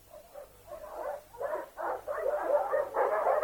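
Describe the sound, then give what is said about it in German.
Several dogs bark at night in a rapid, overlapping series of sharp yelps and woofs that grow louder and denser toward the end, with a faint low hum underneath. “Hörst du's, Juan? Gebell?”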